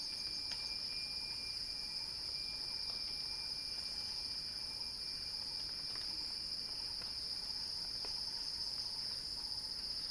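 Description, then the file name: Cicada song as a constant shrill whine, with a faint lower pulsing chirp and a handful of crisp clicks. Cicada song building in a crescendo, recorded by Axel Drioli. "earth-fm Axel-Drioli Cicada-Crescendo-Sounding-Wild"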